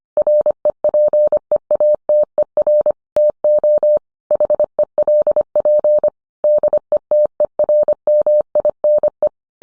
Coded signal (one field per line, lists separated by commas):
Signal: Morse code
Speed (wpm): 25 wpm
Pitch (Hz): 600 Hz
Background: none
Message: REPEATER TO HELP DETERMINE